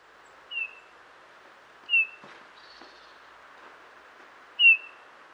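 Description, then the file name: Eurasian bullfinch calls: three soft, brief, slightly falling whistled notes, spaced irregularly, over steady background noise. "Pyrrhula pyrrhula"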